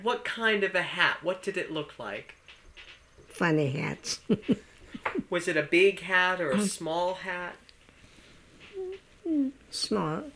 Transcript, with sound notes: What kind of a hat? What did it look like?
Funny hats. ( she laughs )
Was it a big hat or a small hat?
Uh, small.